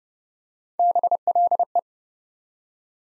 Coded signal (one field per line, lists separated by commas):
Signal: Morse code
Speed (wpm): 30 wpm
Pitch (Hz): 700 Hz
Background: none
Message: BLE